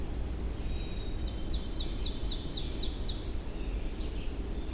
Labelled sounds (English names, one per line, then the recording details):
Ovenbird song
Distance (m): 80 m
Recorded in boreal forest in Alberta, Canada, on 23 June 2016 at 07:42
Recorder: SongMeter 3, array SBT-6-76
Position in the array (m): 137 m, 160 m
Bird 3